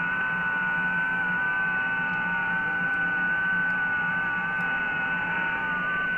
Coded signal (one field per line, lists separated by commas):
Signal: FT8